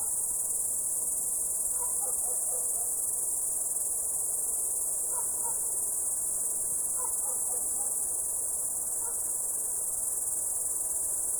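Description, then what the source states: Continuous shrill cricket trill, with a few faint, short, lower notes scattered through the middle. The recordist's own crickets.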